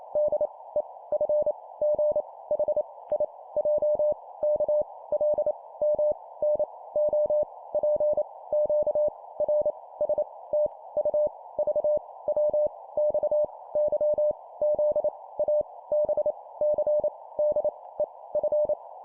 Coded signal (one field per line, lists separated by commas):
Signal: Morse code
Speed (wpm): 28 wpm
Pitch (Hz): 600 Hz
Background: none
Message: D E F G H I J K L M N O P Q R S T U V W X Y Z A B C D E F